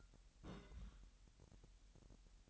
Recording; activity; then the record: daily activity, microphone in the room; place on stove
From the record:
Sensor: 3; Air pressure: 1002.0 hPa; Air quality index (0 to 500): 248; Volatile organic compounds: 51 ppm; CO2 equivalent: 3304 ppm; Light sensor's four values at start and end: 6/15/6/6 and 6/15/6/6